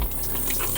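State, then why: Not seated. A plastic part of a manual spa vacuum is twisted clockwise onto the vacuum body to lock it into place, over a steady rush of running water. Nothing has seated or clicked yet.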